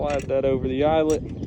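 Someone talks while fitting the end of a control cable over the eyelet of a cable-operated discharge chute kit (a 2024 ACS cable-operated Quick Chute) on a BadBoy Revolt SD zero-turn mower. The cable end is being handled but has not snapped on; nothing has seated or clicked yet.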